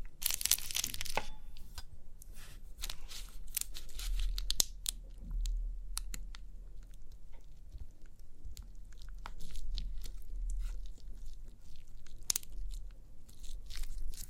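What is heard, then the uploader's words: Crinkly pimple popping: a dense burst of crackling and tearing in the first second, then scattered sharp clicks and snaps through the rest. Louder pops land near 4.5 and 12.3 seconds over a constant low rumble. Crinkly Pimple Popping.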